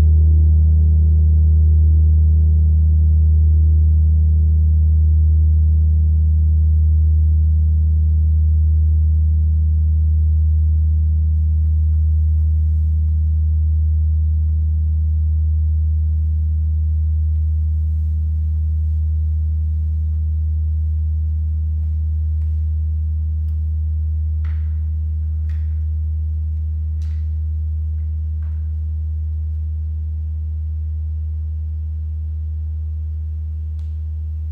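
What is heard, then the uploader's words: Deep crystal bowls and a gong hum in one long, sustained low tone that wavers gently and slowly fades across the whole stretch. Around the twenty-five second mark a few faint, bright chime strikes ring out briefly above the drone. The frequencies from the crystal bowls, gong & chimes that are played in this offering.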